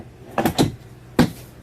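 A removable dinette table top is popped into its leg or wall mount in an Axis R.U.V. motorhome. A cluster of hollow, cupboard-like knocks is heard around 0.4–0.6 s, followed by a single sharp knock at 1.2 s. The table clicks into place at 0.4 s and 1.2 s and is seated.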